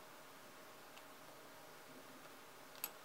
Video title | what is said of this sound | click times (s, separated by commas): Bandai - Gundam HG ZAKU Amazing & Amazing Booster EP2 - Construction | there you go pops into place | 2.8 s